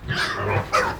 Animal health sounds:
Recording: contact call of a hoofed animal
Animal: wild boar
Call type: grunt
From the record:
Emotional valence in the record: negative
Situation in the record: naturally occurring agonistic interactions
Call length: 1.00 s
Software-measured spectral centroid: 2590 Hz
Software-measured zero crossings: 2570 a second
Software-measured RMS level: -23 dBFS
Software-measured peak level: -12 dBFS

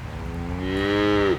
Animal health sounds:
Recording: contact call of a hoofed animal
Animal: cattle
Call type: low-frequency (closed-mouth) or high-frequency (open-mouth) call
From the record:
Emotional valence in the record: negative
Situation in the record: full separation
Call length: 1.38 s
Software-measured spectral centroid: 1730 Hz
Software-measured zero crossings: 1280 a second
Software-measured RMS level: -23 dBFS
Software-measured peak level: -10 dBFS

